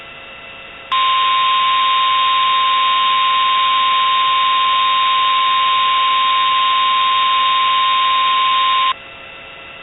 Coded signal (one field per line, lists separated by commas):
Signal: Emergency Alert System (SAME) tones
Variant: 1050 Hz attention tone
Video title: EAS MOCK (tried to do lunniex idk)